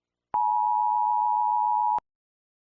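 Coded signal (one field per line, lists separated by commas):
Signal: Emergency Alert System (SAME) tones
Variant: 853 and 960 Hz attention tone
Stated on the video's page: Fictional EAS scenario.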